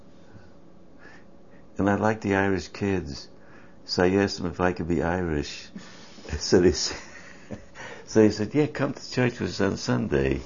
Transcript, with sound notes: - And I liked the Irish kids, so I asked them if I could be Irish. (Laugh) (Laughs) So they sa -, (laughs) so they said, "Yeah, come to church with us on Sunday,"